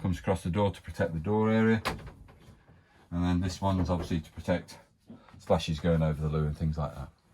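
In a Dethleffs Trend T6717 motorhome bathroom, the fold-away wash basin is being handled toward its retracted, stowed position in the bathroom unit while someone talks. Only faint handling sounds come through between the speech, and nothing has seated or clicked into place yet.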